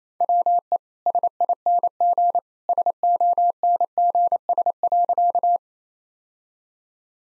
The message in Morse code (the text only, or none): WE SING SONGS.